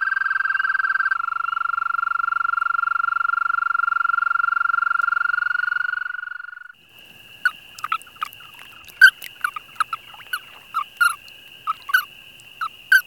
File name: american toad